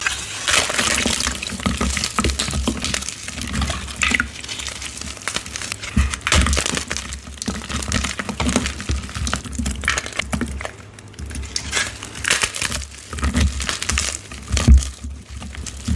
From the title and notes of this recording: Dyed Chalk Bombs Overload! Crushing dyed gym chalk blocks, carved chalk bombs, confetti explosion, glitter overload, cornstarch crunchies.